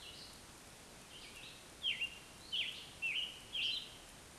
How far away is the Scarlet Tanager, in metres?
about 25 m